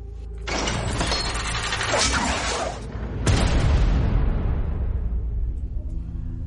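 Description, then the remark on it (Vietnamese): A small bronze vase is hurled out through a hall door and crashes, ending up dented: a rough, grinding clatter runs for a few seconds, then a sharp, heavy metallic impact rings out and slowly decays, with no voices. “Nói rồi Bạch Thế Bảo liếc nhìn ở trong điện, nhặt lấy một cái bình đồng, dùng sức nhấc lên đẩy cửa điện, dồn hết sức ném ra phía ngoài.”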